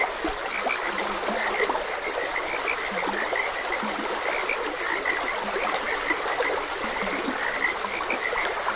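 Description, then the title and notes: Frogs calling steadily: many short high croaks overlapping, with occasional low short notes, over a continuous rushing stream. Frogs croaking beside a gentle stream. "Gentle Stream and Frogs Croaking. Sleep and Relaxation Podcast"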